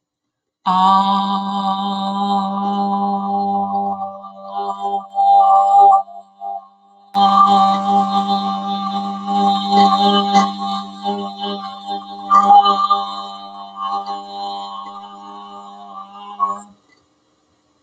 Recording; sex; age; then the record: vowel held as long as possible; female; 60 to 69 years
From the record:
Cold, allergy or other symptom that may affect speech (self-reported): no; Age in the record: 61 years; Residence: United States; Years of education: 18